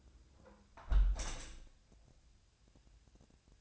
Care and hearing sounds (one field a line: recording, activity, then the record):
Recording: daily activity, microphone in the room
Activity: close window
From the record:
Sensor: 2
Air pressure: 1014.7 hPa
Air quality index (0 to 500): 70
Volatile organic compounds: 1 ppm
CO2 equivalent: 911 ppm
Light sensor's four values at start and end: 8/19/8/8 and 8/19/8/8